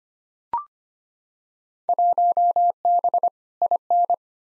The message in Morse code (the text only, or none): 1B IN